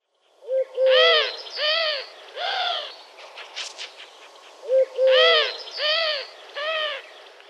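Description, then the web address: Eurasian collared dove cooing two four-note phrases, each a short note, a long stressed coo, a shorter coo and a final note, with a brief rustle between them. Les Grangettes, Switzerland, 30 April 2022. "Grangettes 220430 Tuerkentaube"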